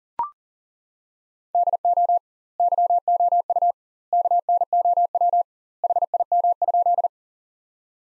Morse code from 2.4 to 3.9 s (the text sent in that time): YOU